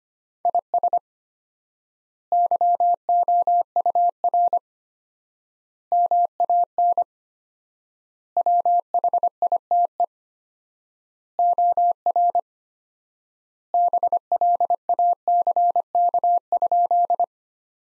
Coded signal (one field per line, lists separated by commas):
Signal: Morse code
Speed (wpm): 25 wpm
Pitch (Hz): 700 Hz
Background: none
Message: IS YOUR MAN WHITE OR BLACK?